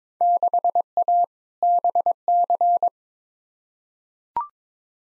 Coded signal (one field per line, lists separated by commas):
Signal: Morse code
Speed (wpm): 22 wpm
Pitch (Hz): 700 Hz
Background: none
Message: 6A BC